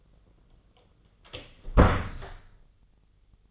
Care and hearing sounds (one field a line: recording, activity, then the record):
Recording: daily activity, microphone in the room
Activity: close door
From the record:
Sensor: 4